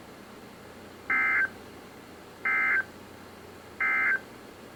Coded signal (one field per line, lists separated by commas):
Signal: Emergency Alert System (SAME) tones